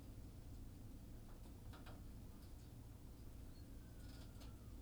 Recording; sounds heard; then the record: poultry house recording; healthy chickens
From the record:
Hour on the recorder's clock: 18